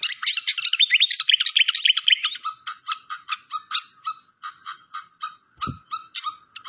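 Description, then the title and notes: Malaysian pied fantail song: a rapid burst of high twittering chips, then evenly spaced sharp notes, with one low thump near the end. Clear-voiced song from a masteran (training) recording. "Masteran Sikatan Kipas Suara Jernih Dan Suara Gemericik Air. Suara Burung Sikatan Londo"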